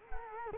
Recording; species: mosquito wingbeat signal from an infrared sensor; Culex quinquefasciatus